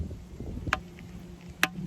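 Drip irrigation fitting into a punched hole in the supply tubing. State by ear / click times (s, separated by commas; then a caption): seated / 1.6 s. A drip irrigation fitting is pushed into a punched hole in the supply tubing of a raised-bed line. A sharp tick sounds at about 0.7 s over low rumbling background noise, then a louder, crisp pop at 1.6 s as the fitting seats in the tubing.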